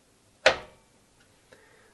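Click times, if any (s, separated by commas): 0.5 s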